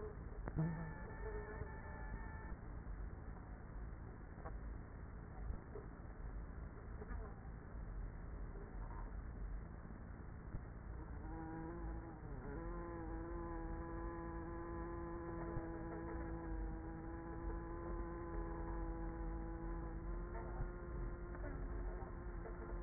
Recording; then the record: honeybee colony, microphone inside the hive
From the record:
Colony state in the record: queenless with a low population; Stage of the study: after two queens were removed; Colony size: about 30,000 bees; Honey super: no